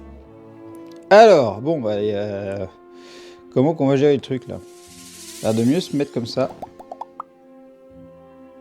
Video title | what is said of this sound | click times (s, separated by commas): Comme des kinders surprise! Choco Capsule! | Bon, ça se clipse pas ouf non plus. | 7.2 s